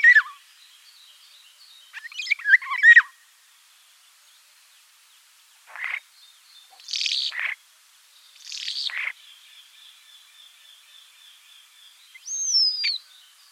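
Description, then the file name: Common starling song in short bursts separated by pauses: a scratchy warble, several hissing noisy phrases, then one clear whistle that rises and falls. "Skvorec obyknovennyj Sturnus vulgaris"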